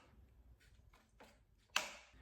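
An accessory is released from the quick-lock head of a Sherlock paint extension pole without unscrewing, disconnecting quickly. Soft faint handling sounds lead up to a sharp click at 1.8 seconds, then a brief fading rustle. The accessory comes free.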